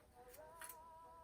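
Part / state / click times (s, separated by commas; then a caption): bristle insert into hairbrush back / not seated / none. The removable bristle insert of a vintage vanity hairbrush is being handled and pushed back toward the brush back, with light rubbing and a brief sharp tap near 0.6 seconds over a steady faint tone. Nothing has seated or clicked into place yet.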